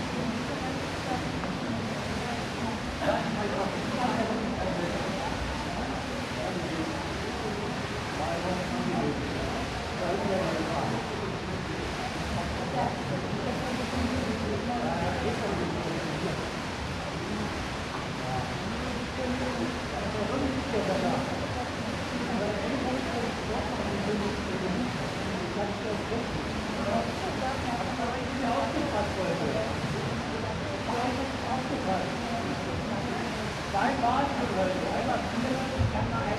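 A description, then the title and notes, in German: Echoing ambience inside an indoor swimming pool: a steady, dense wash of reverberant murmur with blurred voices rising and falling in the hall. Faint splashes and sharper bursts come through now and then, and the overall level stays even throughout. Beruhigende Echos im Hallenbad - Setz dich an den Beckenrand und Lausche dem Rauschen.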